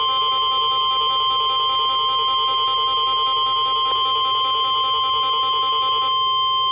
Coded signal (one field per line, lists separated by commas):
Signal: Emergency Alert System (SAME) tones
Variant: 1050 Hz attention tone